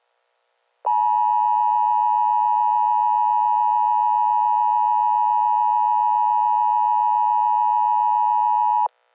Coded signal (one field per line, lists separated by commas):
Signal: Emergency Alert System (SAME) tones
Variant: 853 and 960 Hz attention tone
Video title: EAS Zombie Virus Disease Warning Florida